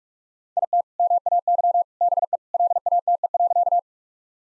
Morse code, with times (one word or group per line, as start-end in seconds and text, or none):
0.6-0.8 IT
1.0-1.8 MAY
2.0-2.4 BE
2.5-3.8 LATE.